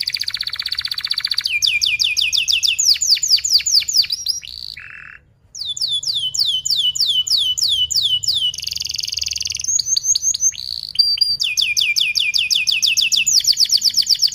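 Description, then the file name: Canary in continuous song: buzzy trills alternating with rolling series of sharp falling chirps, a short low note and brief pause midway, then more rapid phrases. Canary song described as gacor, fast and tightly packed chirping with sharp rolling phrases. "Suara Kenari Gacor Speed Rapat Cuit Cuit Ngerol Tajam"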